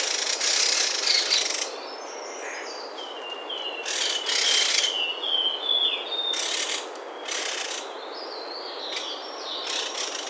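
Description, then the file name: White-necked babbler giving a run of thin descending whistles, partly masked by repeated bursts of hissy noise. "tepus leher putih"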